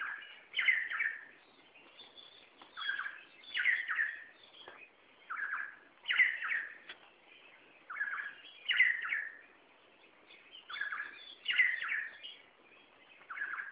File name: Red Spurfowl Call